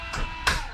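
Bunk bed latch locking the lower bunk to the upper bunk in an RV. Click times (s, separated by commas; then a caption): 0.5 s. In a Grand Design Momentum 21G RV, the powered HappiJac lower bunk is raised to the top, where a metal latch clicks at 0.5 s and locks the lower bunk to the upper bunk. A softer bump comes around 0.2 s, with music playing steadily underneath. The latch is seated and the two bunks are locked together.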